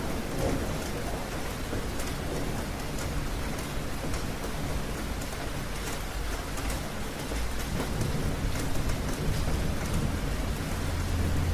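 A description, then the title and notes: Rain falls on a roof in a steady, dense patter, with scattered sharper drops ticking through the full range. Underneath sits a low, continuous rumble that swells slightly in the second half, and the overall level stays even throughout the twelve seconds. Rain beginning to fall on the roof of your mountain getaway.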